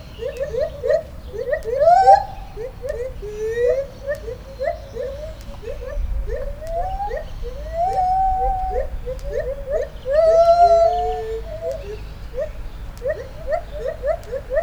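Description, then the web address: White-handed gibbon calling loudly, quick rising hoots broken by long swooping glides and wavering notes, building and easing in bursts. Captive gibbon at a zoo in Debrecen, Hungary, 2012; cars and an electric fence audible in the background; recorded with a Marantz recorder. "debrecenizoo 2012 feherkezugibbon autoesvillanypasztoris marantzpuska"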